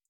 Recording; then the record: hydrophone in a shrimp aquaculture tank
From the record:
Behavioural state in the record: feeding